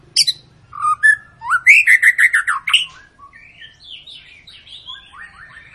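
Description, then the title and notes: White-rumped shama singing: a sharp note, a quick series of repeated chirps, then softer fluttering whistled phrases fading out. Long lure song (pancingan) of an energetically singing (gacor) shama, used to prompt other birds to sing. "Pancingan Murai Batu Gacor Panjang. muraiku"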